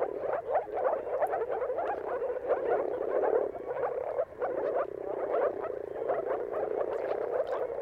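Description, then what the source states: Moor frog chorus of low, gurgling pulses in rapid runs, many callers overlapping, with a brief lull around the middle. Chorus of moor frog mating calls at sunrise, at the turn of March and April, timing depending on the weather.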